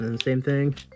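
Someone talks while handling a plastic transforming robot action figure (a PotP Optimus), moving its second foot to fold it down into its leg after doing the first. Nothing has seated or clicked yet; the foot has not locked into its folded position by the end.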